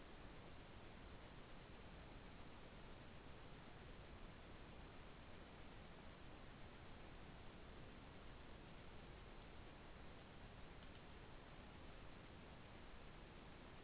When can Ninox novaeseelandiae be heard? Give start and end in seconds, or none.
none